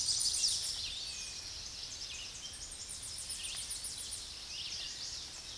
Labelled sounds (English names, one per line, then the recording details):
Tennessee Warbler song
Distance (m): 45 m
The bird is about level with the microphone
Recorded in a Pennsylvania forest on 16 May 2024 at 08:32
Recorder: AudioMoth, point MSD-0263
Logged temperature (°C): 16.0 °C
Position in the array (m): 69 m, 170 m